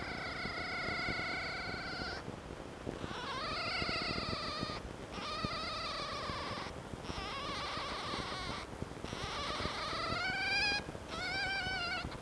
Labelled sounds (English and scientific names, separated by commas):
Red Fox (Vulpes vulpes)